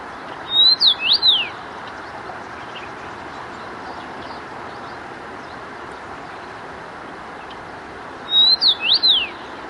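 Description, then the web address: Common rosefinch singing a brief whistled phrase of slurred notes twice, about eight seconds apart, over steady background noise. Zakole Wawerskie, Warsaw. "zakole-wawerskie nagrania dziwonia"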